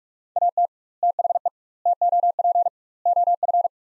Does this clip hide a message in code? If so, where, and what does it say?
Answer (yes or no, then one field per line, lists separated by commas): yes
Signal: Morse code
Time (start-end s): 0.4-3.7 s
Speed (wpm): 47 wpm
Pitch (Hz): 700 Hz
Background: none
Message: AT THE TOP OF